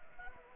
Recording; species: mosquito wingbeat signal from an infrared sensor; Anopheles arabiensis